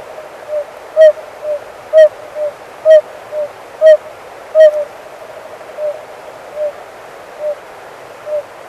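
Oriental fire-bellied toad calling, short soft mellow notes in a steady series, louder and quieter notes mixed.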